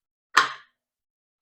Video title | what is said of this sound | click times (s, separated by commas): I turned my box of tech into wall art | have this be more stable and also it adds this satisfying click and it's it's not going anywhere like this is this is stable | 0.4 s